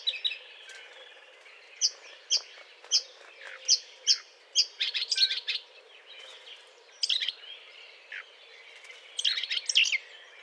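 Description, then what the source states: Eurasian blackcap courtship song opening with a series of separate clear high notes about every half second, then sliding into short bursts of hurried, twittering warble. Courtship song; 20 April 2009.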